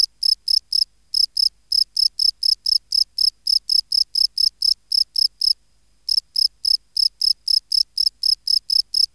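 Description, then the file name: Field cricket chirps, high and pure, repeated rapidly in even series with a few brief silent gaps. "Gryllus campestris"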